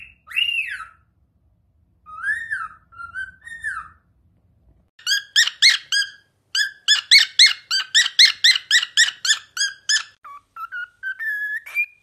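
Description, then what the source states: Cockatiel whistled song: rising-falling whistles, then a fast rhythmic run of repeated notes, ending in short whistled phrases. Several cockatiels singing and whistling.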